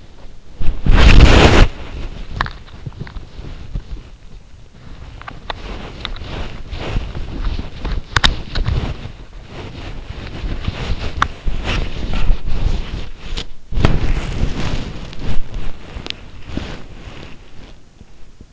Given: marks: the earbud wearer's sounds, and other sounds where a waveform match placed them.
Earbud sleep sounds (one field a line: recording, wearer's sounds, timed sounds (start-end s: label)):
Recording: sounds in sleep by an in-ear microphone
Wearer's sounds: body movement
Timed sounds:
0.00-18.53 s: body movement